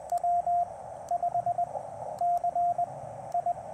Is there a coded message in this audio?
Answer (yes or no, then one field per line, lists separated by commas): yes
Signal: Morse code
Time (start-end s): 0.1-3.5 s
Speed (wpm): 20 wpm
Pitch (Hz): 700 Hz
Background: radio noise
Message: W5CI